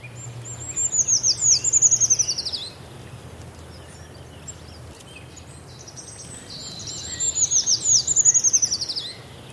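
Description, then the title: Eurasian treecreeper song: two high, thin, descending trilled phrases several seconds apart, each around two seconds long; low hum beneath in the first few seconds. Song resembles willow warbler song; willow-warbler-like song heard in early April is a treecreeper. "Viikon luontoääni: Puukiipijä"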